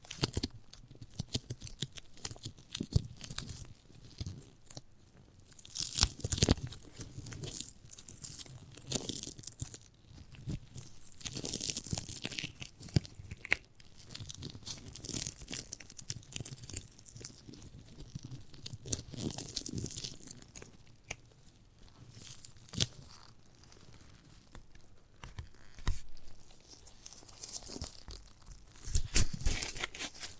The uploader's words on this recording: ASMR of a Giant Gummy Bear (No Talking).